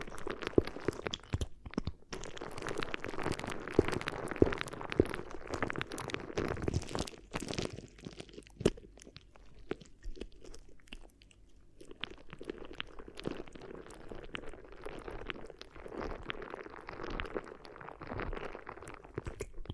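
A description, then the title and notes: Close crinkly rustling and rubbing right at the ear, dense and busy early, easing into softer, patchier scrunches after about twelve seconds. ASMR Addictive Crinkly Ear Massage (No Talking).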